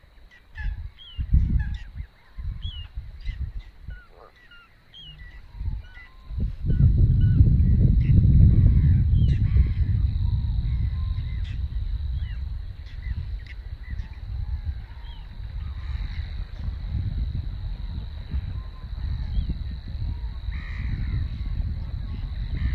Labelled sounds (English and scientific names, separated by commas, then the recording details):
Whiskered Tern (Chlidonias hybrida) call
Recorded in the wild
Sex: group
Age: adult
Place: Warsow, Kummerower See, Mecklenburg-Vorpommern, DE
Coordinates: 53.8367, 12.8356
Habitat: wetland
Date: 2012-05-24 04:57
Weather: 8°C, sunny, weak winds from NE
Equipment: Sound Devices 702, Sennheiser MKH 70, Rycote Windschutz
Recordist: Frommolt, Karl-Heinz